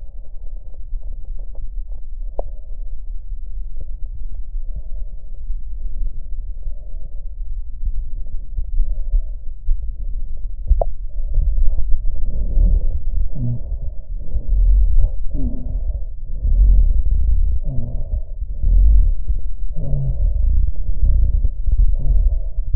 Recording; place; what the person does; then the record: lung sounds by stethoscope; left posterior apical chest; quiet breathing, then deep breathing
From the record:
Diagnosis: interstitial lung disease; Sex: female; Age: 72 years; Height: 153 cm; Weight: 71 kg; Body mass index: 30.3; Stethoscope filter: extended mode